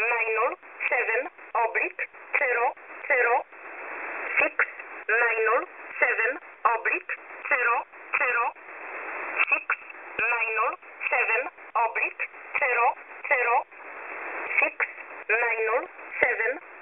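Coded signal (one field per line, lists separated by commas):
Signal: numbers station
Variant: E11 Oblique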